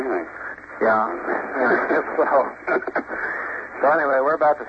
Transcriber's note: laughs